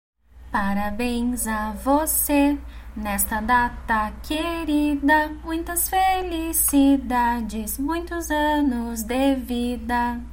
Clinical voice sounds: short text; Brazilian Portuguese; female; 20 to 29 years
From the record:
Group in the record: control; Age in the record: 28 years

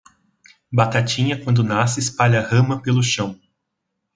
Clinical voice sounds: short text; Brazilian Portuguese; male; 20 to 29 years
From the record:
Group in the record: control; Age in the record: 21 years

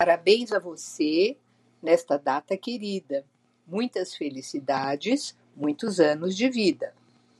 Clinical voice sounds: short text; Brazilian Portuguese; female; 60 to 69 years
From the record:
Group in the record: control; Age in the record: 63 years

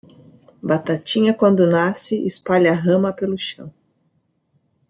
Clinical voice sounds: short text; Brazilian Portuguese; female; 40 to 49 years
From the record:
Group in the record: control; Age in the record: 45 years

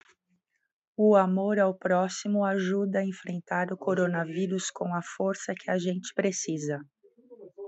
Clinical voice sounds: spoken sentence; Brazilian Portuguese; female; 40 to 49 years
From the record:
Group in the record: control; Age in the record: 47 years

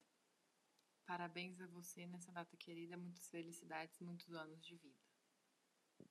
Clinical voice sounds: short text; Brazilian Portuguese; female; 20 to 29 years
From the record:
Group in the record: control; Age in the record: 24 years

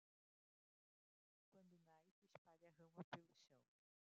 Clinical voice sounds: short text; Brazilian Portuguese; female; 20 to 29 years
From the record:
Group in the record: control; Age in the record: 29 years

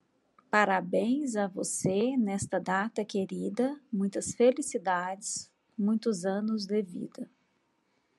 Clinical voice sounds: short text; Brazilian Portuguese; female; 40 to 49 years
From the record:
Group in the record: control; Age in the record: 43 years

